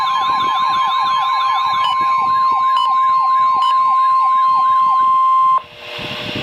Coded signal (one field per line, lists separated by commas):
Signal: Emergency Alert System (SAME) tones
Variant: 1050 Hz attention tone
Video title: Severe Thunderstorm Warning #4 - 09/19/13 (EAS #544)